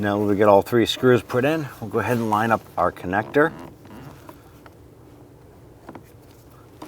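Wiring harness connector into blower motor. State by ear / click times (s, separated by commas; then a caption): not seated / none. On a 2004–2012 Chevrolet Colorado, with all three blower motor screws installed, the plastic wiring harness electrical connector is handled and lined up with the blower motor's socket before being pressed home. Someone talks for the first few seconds, followed by only faint handling noises. Nothing has clicked or seated yet.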